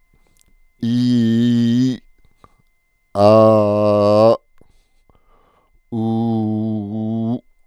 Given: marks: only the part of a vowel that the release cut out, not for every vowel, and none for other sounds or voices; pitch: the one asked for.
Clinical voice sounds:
sustained vowels; female; 40 to 49 years
0.89-1.84 s: vowel /i/, low-high-low pitch
3.28-4.28 s: vowel /a/, low-high-low pitch
6.03-7.26 s: vowel /u/, low-high-low pitch
From the record:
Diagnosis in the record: recurrent laryngeal nerve paralysis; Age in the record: 48 years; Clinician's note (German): Strumipriv

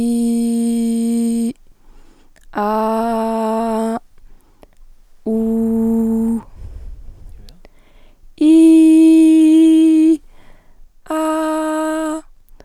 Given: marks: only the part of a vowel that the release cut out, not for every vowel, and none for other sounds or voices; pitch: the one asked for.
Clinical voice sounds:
sustained vowels; female; 18 to 19 years
0.00-1.43 s: vowel /i/, normal pitch
2.64-3.90 s: vowel /a/, normal pitch
5.32-6.30 s: vowel /u/, normal pitch
8.53-10.04 s: vowel /i/, high pitch
11.15-12.10 s: vowel /a/, high pitch
From the record:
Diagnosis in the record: healthy voice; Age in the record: 18 years

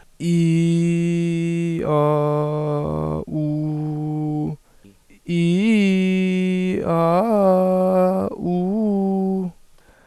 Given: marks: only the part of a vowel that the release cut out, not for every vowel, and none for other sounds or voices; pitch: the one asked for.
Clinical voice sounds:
sustained vowels; male; 18 to 19 years
0.33-1.74 s: vowel /i/, low pitch
1.94-3.12 s: vowel /a/, low pitch
3.38-4.41 s: vowel /u/, low pitch
5.36-6.68 s: vowel /i/, low-high-low pitch
6.95-8.21 s: vowel /a/, low-high-low pitch
8.49-9.39 s: vowel /u/, low-high-low pitch
From the record:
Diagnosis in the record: healthy voice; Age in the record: 19 years

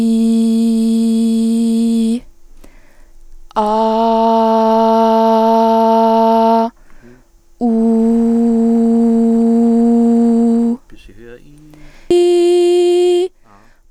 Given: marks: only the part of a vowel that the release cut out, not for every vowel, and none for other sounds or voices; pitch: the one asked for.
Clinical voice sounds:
sustained vowels; female; 20 to 29 years
0.00-1.97 s: vowel /i/, normal pitch
4.13-6.08 s: vowel /a/, normal pitch
8.18-10.13 s: vowel /u/, normal pitch
12.21-13.18 s: vowel /i/, high pitch
From the record:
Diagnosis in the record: singing voice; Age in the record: 28 years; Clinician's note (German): Stroboskopisch Normalbefund

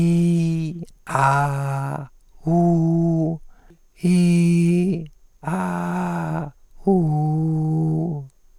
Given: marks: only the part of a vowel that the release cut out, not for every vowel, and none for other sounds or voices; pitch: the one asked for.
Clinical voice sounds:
sustained vowels; male; 70 to 79 years
0.00-0.69 s: vowel /i/, normal pitch
1.20-1.91 s: vowel /a/, normal pitch
2.55-3.30 s: vowel /u/, normal pitch
4.07-4.94 s: vowel /i/, high pitch
5.54-6.43 s: vowel /a/, high pitch
7.05-8.12 s: vowel /u/, high pitch
From the record:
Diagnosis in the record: recurrent laryngeal nerve paralysis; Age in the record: 78 years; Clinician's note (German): Links, relativ gut kompensiert

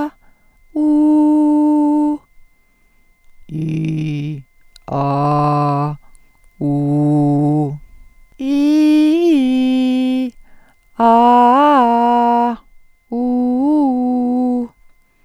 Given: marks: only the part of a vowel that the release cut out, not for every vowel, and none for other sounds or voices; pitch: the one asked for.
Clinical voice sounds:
sustained vowels; female; 70 to 79 years
0.81-2.08 s: vowel /u/, high pitch
3.60-4.29 s: vowel /i/, low pitch
5.02-5.85 s: vowel /a/, low pitch
6.66-7.63 s: vowel /u/, low pitch
8.56-10.18 s: vowel /i/, low-high-low pitch
11.08-12.44 s: vowel /a/, low-high-low pitch
13.27-14.58 s: vowel /u/, low-high-low pitch
From the record:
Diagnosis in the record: presbyphonia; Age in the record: 74 years

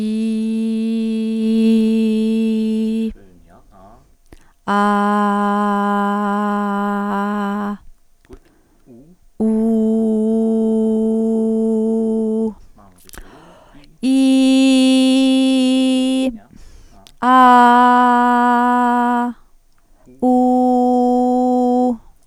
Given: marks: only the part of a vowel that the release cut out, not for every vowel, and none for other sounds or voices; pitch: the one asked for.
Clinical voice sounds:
sustained vowels; female; 30 to 39 years
0.00-1.34 s: vowel /i/, normal pitch
5.09-7.03 s: vowel /a/, normal pitch
9.93-11.89 s: vowel /u/, normal pitch
14.25-16.03 s: vowel /i/, high pitch
17.39-19.21 s: vowel /a/, high pitch
20.33-21.78 s: vowel /u/, high pitch
From the record:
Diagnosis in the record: stuttering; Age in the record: 36 years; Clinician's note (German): Balbuties

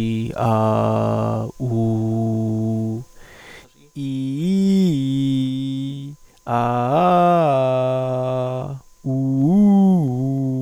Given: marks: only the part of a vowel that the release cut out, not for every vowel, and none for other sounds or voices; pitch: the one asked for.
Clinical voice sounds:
sustained vowels; male; 30 to 39 years
0.60-1.21 s: vowel /a/, low pitch
1.99-2.78 s: vowel /u/, low pitch
4.12-5.30 s: vowel /i/, low-high-low pitch
6.72-7.80 s: vowel /a/, low-high-low pitch
9.23-10.36 s: vowel /u/, low-high-low pitch
From the record:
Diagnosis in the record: cluttering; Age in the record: 38 years

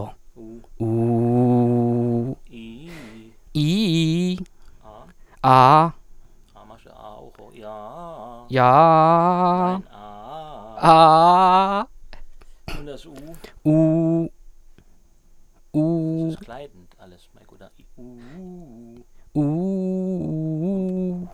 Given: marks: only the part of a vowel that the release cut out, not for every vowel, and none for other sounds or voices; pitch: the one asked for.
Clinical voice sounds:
sustained vowels; male; 20 to 29 years
0.87-2.21 s: vowel /u/, low pitch
3.59-4.30 s: vowel /i/, low-high-low pitch
10.93-11.76 s: vowel /a/, low-high-low pitch
19.72-21.07 s: vowel /u/, low-high-low pitch
From the record:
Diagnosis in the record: healthy voice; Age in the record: 26 years

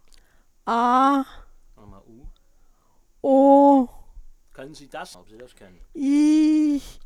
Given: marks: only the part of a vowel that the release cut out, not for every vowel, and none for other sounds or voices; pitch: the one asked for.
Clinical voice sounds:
sustained vowels; female; 60 to 69 years
0.69-1.20 s: vowel /a/, high pitch
3.29-3.79 s: vowel /u/, high pitch
6.04-6.76 s: vowel /i/, low-high-low pitch
From the record:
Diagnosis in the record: central laryngeal movement disorder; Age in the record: 60 years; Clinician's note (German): Aphasie-Dysphonie, re Stimmlippe eingeschränkt

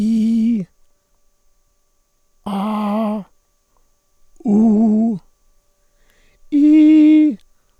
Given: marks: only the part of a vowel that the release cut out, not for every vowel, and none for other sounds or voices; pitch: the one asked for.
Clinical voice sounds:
sustained vowels; male; 60 to 69 years
0.00-0.55 s: vowel /i/, normal pitch
4.49-5.07 s: vowel /u/, normal pitch
6.64-7.19 s: vowel /i/, high pitch
From the record:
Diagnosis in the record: contact pachydermia, monochorditis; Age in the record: 67 years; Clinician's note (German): Monochorditis links

